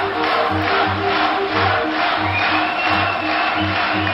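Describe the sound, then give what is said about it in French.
A large crowd of supporters cheers at a campaign rally held by candidate Jacques Chaban-Delmas in Boulogne-Billancourt on 25 April, in a steady, loud roar, with a rhythmic low pulse running beneath the noise throughout. “Le 25 avril, le candidat Jacques Chaban-Delmas tient meeting à Boulogne-Billancourt. Parmi la foule des sympathisants qui en font leur favori, on retrouve un certain Nicolas Sarkozy.”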